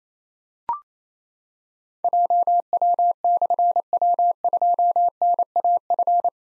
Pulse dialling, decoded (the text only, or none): none